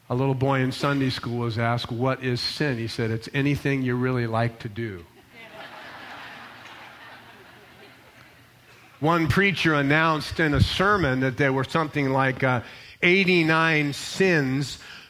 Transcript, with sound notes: A little boy in Sunday school was asked what is sin? He said it’s anything you really like to do. [laughing] One preacher announced in a sermon that there were something like eighty nine sins,